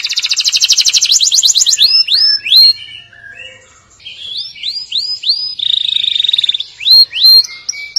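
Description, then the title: Atlantic canary song: a fast high buzzy trill, then rising whistled notes in quick series and a sustained rattling tour before more upswept notes. "Kenari"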